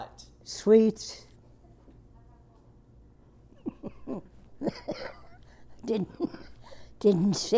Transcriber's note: laughs/Coughs